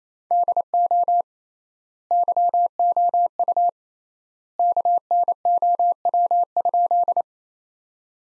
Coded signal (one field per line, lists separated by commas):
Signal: Morse code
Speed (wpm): 28 wpm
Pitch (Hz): 700 Hz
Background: none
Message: DO YOU KNOW?